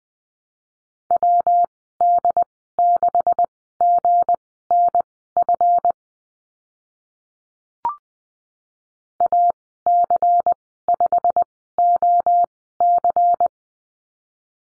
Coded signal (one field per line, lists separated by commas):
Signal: Morse code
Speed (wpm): 20 wpm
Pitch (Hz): 700 Hz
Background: none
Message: WD6GNF AC5OC